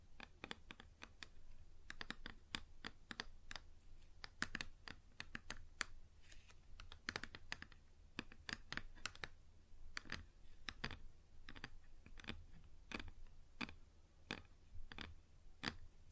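Fingers or a small object tap on a wooden surface in quick, uneven clicks, several per second, throughout the sixteen seconds. Some taps land harder and sharper than others, and a faint low hum runs steadily underneath.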